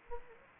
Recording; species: mosquito wingbeat signal from an infrared sensor; Anopheles gambiae